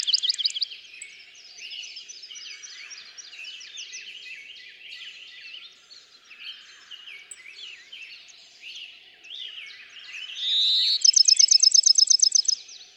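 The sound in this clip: Bachman's sparrow sings near the end: a held whistle, then a fast sweet trill, after a long stretch of dense chattering birdsong from other species.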